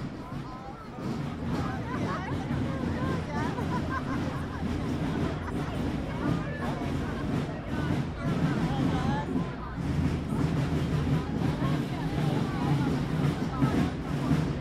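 Crowd sounds from Norway's National Day celebration: a dense, steady babble of many voices talking at once, with individual voices rising briefly above the mix throughout. A low rumble runs underneath the whole time, and the level stays full and even after a quieter first second.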